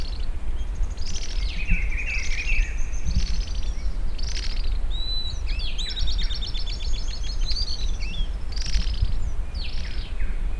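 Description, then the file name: Bird calls: scattered chirps and short squawky bursts, then rapid stacked high rattles, under a steady low-frequency noise. "SABIOD 50 bird 2015"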